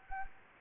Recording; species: mosquito wingbeat signal from an infrared sensor; Anopheles gambiae